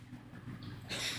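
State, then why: Not seated. A screw is tightened on the elbow joint of a Fanhome Iron Man scale model figure, fitting it into the upper arm assembly. A low steady hum sits under faint handling noise, with a brief soft tone at 0.6 s and a broader hiss rising from about 0.9 s. The elbow joint has not snapped into place yet.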